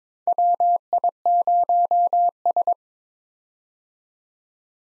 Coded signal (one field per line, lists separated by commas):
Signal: Morse code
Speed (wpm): 22 wpm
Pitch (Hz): 700 Hz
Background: none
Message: WI0S